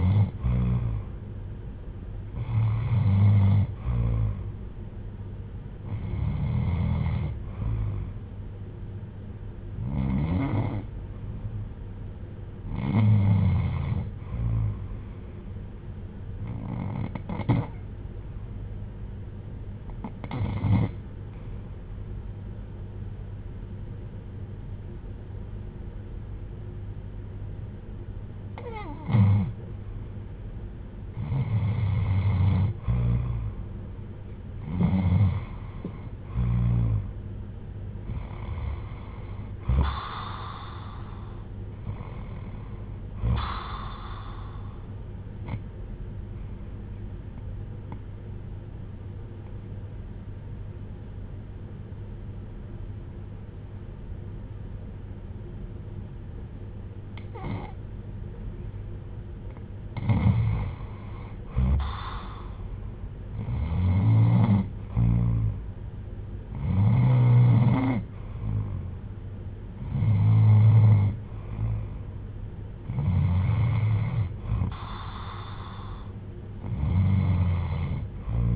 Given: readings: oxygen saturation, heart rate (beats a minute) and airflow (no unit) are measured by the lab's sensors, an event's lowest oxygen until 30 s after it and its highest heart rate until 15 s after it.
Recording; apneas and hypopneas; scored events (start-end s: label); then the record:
breathing in sleep by a smartphone at the bedside; 2
6.00-31.60 s: hypopnea (REM, oxygen 96% highest, then 90% lowest, heart rate 64 at the start, 71 highest)
47.00-62.80 s: hypopnea (REM, oxygen 95% highest, then 91% lowest, heart rate 63 at the start, 67 highest)
From the record:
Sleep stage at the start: REM sleep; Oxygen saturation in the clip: 84 to 96%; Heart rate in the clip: 60 to 71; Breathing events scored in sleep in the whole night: 310 in 8.1 hours asleep